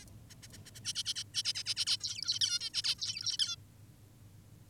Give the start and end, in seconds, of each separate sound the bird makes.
0.00-0.04, 0.30-0.34, 0.43-0.48, 0.53-0.58, 0.66-0.71, 0.75-0.80, 0.85-0.93, 0.95-1.03, 1.06-1.14, 1.16-1.24, 1.34-1.43, 1.45-1.53, 1.55-1.64, 1.66-1.74, 1.77-1.85, 1.87-1.97, 2.01-2.39, 2.41-2.59, 2.61-2.70, 2.74-2.82, 2.84-2.95, 2.99-3.37, 3.39-3.56